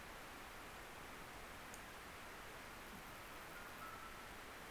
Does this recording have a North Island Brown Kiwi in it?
no